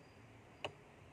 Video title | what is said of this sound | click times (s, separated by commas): 1 Bio Parts of Microscop | okay did you hear the clicking again there should be a clicking | 0.6 s